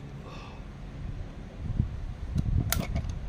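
A metal piston pin retaining clip (circlip) is handled at the groove of a piston while assembling a Toyota 2KD diesel engine. Low handling rumble builds, with a few sharp metallic ticks; the loudest comes at about 2.7 s. Nothing has seated or clicked into the groove yet.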